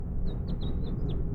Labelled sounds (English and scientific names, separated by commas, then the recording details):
House Finch (Haemorhous mexicanus) song
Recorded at Woodmere on Long Island, New York, on 11 June 1975
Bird E